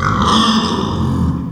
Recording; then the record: squeal of a Yucatan mini pig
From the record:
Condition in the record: after surgery on the right vocal fold (resection and tissue-engineered implant); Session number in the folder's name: 15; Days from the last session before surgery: 175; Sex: female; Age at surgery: 19 weeks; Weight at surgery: 25 kg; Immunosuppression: prednisolone